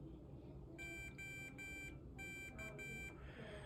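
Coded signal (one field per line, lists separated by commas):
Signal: none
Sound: infusion pump startup beeps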